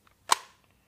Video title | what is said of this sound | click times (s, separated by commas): Taurus G2C Review | that okay so that's that's what you want to hear with the holster you want that positive click | 0.3 s